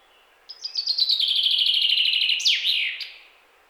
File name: Fringilla coelebs